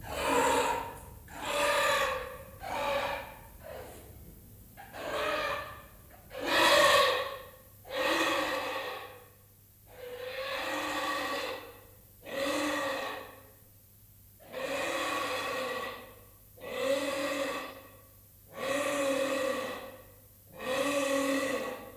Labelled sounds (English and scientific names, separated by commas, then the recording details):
Giant Anteater (Myrmecophaga tridactyla) call
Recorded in captivity
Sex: male
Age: juvenile
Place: Zoo Berlin, Berlin, DE
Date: 2008-08-18 15:20
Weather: overcast, ca. 22°C
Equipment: Sony WM-D6C, Sennheiser ME 80, Kopie Uher 4000 Report Monitor
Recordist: Tembrock, Günter